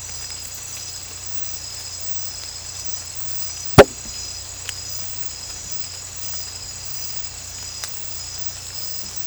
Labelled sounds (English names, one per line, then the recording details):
none
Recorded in pastures near Puerto Asís, Putumayo, Colombia, on 16 December 2024 at 02:30
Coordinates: 0.472, -76.329
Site G072